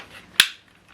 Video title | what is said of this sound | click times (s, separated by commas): GOODMANS 2 IN 1 CORDLESS VACUUM - IDEAL FOR HOME USE, OFFICE AND CAR | hear a click sound, beautiful stuff. | 0.4 s